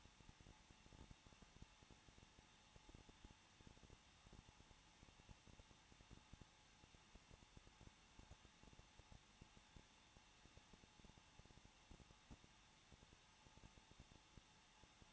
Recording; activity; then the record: daily activity, microphone in the room; no activity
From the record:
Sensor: 1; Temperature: 20.1 degrees Celsius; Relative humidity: 39.3%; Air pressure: 1006.4 hPa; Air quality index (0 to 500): 218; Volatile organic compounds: 80 ppm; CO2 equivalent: 3606 ppm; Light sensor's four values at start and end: 1/2/1/1 and 1/2/1/1